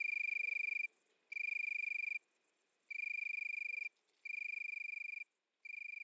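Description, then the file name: Italian tree cricket song: clear, purring trills each lasting about a second, separated by short pauses, over a steady faint high-pitched pulsing of other insects. Recorded at midnight at Le Puech, Cantal. "grillon-d Italie-a-minuit-Le-Puech-Cantal"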